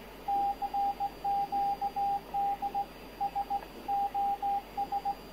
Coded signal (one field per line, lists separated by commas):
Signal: Morse code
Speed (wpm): 17 wpm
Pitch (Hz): 800 Hz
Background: radio noise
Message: CQD SOS